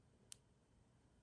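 A replacement strap's connector piece is aligned with the groove on an Apple Watch Series 3 smartwatch case, with its silver piece facing the back of the watch, and pushed in. A single sharp, bright click sounds at 0.3 s over a quiet background. The strap is seated and locked in place.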